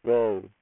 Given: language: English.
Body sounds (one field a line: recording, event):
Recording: throat vibration sensor signal played as sound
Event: speech